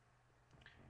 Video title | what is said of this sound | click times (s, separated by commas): Refilling 510 Carts | shove the cart in the top of it, should make a nice little click and pop kind of hold deal, | 0.6 s, 0.7 s